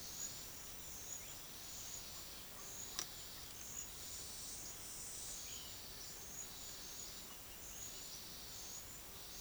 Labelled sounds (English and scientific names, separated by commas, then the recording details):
none
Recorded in secondary vegetation near Puerto Asís, Putumayo, Colombia, on 23 June 2025 at 09:30
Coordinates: 0.500, -76.326
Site GP08